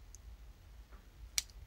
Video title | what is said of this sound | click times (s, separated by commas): My Friends Put Together a Mystery Long Box of Comics for Me! | just that little snap | 1.4 s